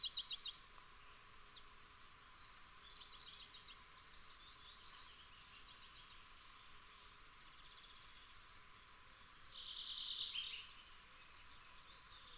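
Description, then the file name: Common firecrest singing two very high, thin rapid phrases about six seconds apart. "Fiorrancino"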